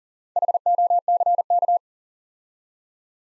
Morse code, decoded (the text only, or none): HOCK